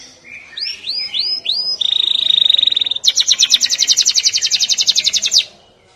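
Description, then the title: Canary singing four hooked whistled notes, then a sustained high trill and a loud rapid pulsed roll lasting a few seconds before stopping. "Kenari"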